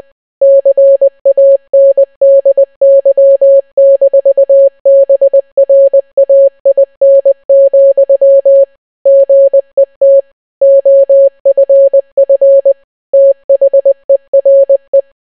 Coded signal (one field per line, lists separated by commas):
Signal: Morse code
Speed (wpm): 20 wpm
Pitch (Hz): 550 Hz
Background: none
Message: CANDY-BRAIN, GET OFF THERE